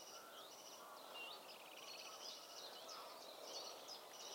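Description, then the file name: European greenfinch song, faint twittering notes and trilled phrases throughout over a steady background hiss. "Chloris chloris"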